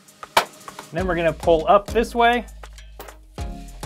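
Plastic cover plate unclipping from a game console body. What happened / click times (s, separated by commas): A plastic cover plate snaps free of its retaining clips / 0.4 s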